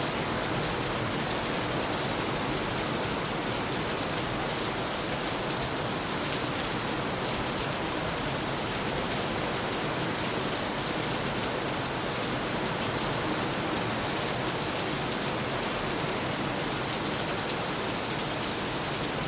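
Heavy tropical rain pours steadily onto a roof, a dense, unbroken hiss that stays level from start to finish. The sound is bright, with a faint low rumble underneath, and no distinct thunderclaps stand out in this stretch.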